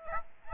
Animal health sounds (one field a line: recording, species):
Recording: mosquito wingbeat signal from an infrared sensor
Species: Aedes albopictus